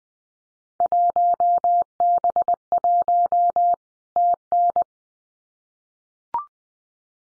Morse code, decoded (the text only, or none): 1B1 TN